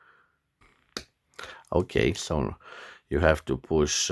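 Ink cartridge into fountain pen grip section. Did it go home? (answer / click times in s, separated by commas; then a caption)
yes / 1.0 s. A standard international ink cartridge is pushed firmly onto the feed nipple inside the grip section of a black Jinhao 992 fountain pen, and it seats with a sharp click at 1.0 s, meaning it is securely in. The cartridge needs a relatively hard push. Someone talks afterward.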